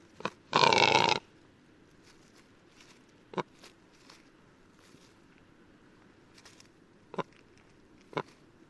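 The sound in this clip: Rackelhahn (black grouse × capercaillie hybrid): rackelhahn giving a single loud, rough, belching rasp early on, followed by a few sparse sharp clicks.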